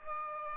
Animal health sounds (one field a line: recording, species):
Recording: mosquito wingbeat signal from an infrared sensor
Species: Aedes aegypti